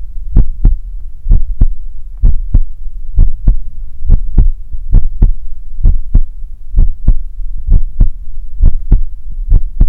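An adult's own heartbeat, offered to fall asleep to: steady paired lub-dub thumps at about 65 beats a minute, deep and muffled, over a low continuous hum. The rhythm is regular with no extra sounds between beats, an ordinary resting heartbeat.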